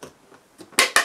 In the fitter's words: click firmly into place so